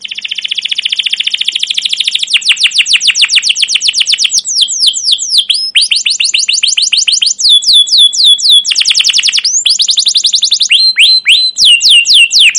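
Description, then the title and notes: Canary singing a varied series of fast trills and rattles, alternating with spaced, curving whistled notes, continuous for the whole stretch. Caged canary song used as a lure and tutor to teach young canaries, described as long, continuous and energetic chirping. "CUIT CUIT NGEROL LANGSUNG GACOR PANJANG Kenari Ini AMPUH Utk Pancingan KENAR. PANCINGAN Kenari GACOR PANJANG Cuit CUIT EMOSI ini AMPUH utk MASTERAN Kenari PAUD belajar BUNYI. burung kenari"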